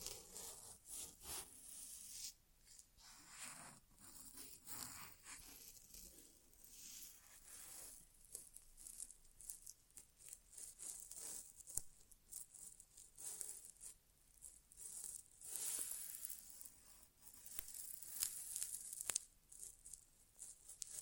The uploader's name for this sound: ASMR Inner Ear Exam (No Talking)